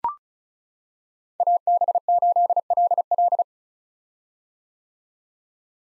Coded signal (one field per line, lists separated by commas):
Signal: Morse code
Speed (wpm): 34 wpm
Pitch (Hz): 700 Hz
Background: none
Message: AB8LL